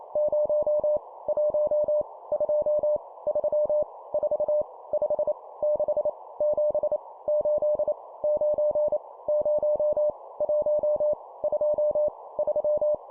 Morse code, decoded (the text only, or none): 0 1 2 3 4 5 6 7 8 9 0 1 2 3